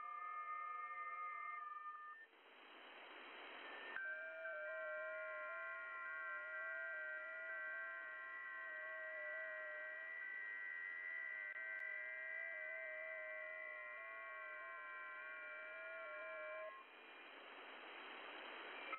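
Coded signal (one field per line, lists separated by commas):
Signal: FT8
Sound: several soft, steady, slowly shifting tones together for about 13 seconds, between bursts of hiss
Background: radio static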